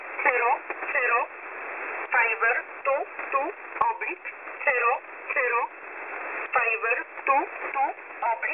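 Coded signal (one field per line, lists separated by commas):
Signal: numbers station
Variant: E11 Oblique, English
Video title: E11 Oblique 07/07/2024 2000 UTC 5409kHz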